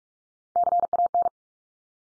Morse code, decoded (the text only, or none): CAN